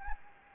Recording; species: mosquito wingbeat signal from an infrared sensor; Anopheles gambiae